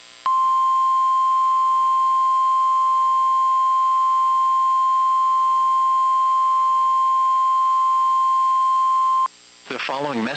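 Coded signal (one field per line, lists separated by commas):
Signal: Emergency Alert System (SAME) tones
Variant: 1050 Hz attention tone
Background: speech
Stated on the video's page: AMBER Alert relayed by NWS Nashville at Tennessee Bureau of Investigation request.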